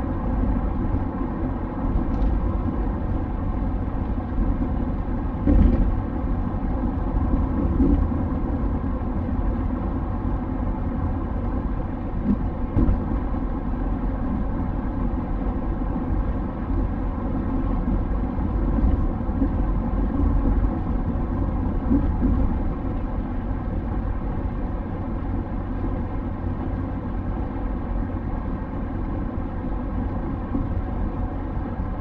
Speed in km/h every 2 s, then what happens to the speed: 95, 95, 95, 95, 95, 95, 95, 95, 95, 94, 95, 95, 95, 95, 95, 94.
0-32 steady at about 95.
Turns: none.